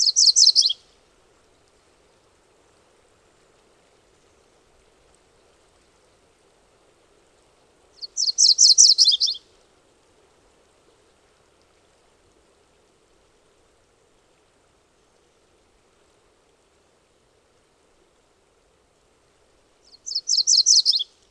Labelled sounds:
MacGillivray's Warbler song
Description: MacGillivray's Warbler song recorded on the Cow Creek Trail in Rocky Mountain National Park
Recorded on 22 June 2015

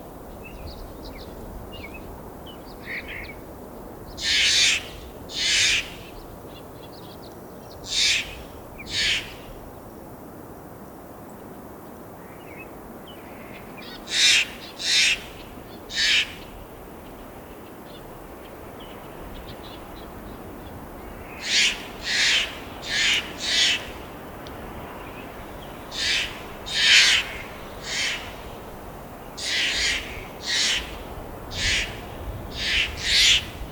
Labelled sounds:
Steller's Jay
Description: Steller's Jay call from two birds recorded in the Twin Owls area of Rocky Mountain National Park
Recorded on 25 May 2016

